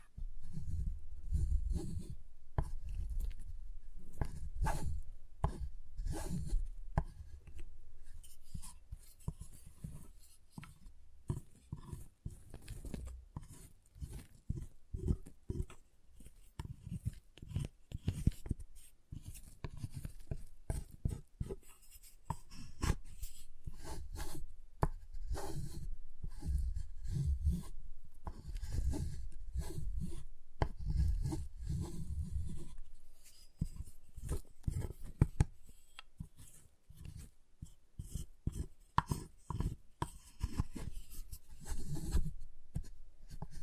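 A giant chocolate bar is tapped and handled in a dense run of short, sharp knocks and scraping rubs that continue for the whole stretch. The hits come quickly and unevenly, with a dull low thud under crisp, brittle clicks, and several louder cracking snaps.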